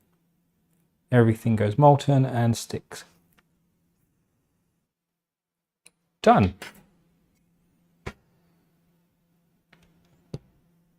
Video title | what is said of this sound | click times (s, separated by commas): 3D Sets Roady Dumper Part 5 | That presses down and clicks into place. | 10.3 s